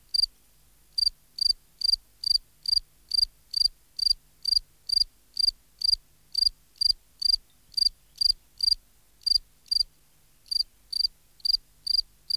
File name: Gryllus campestris